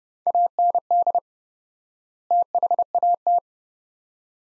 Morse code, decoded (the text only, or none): AND THAT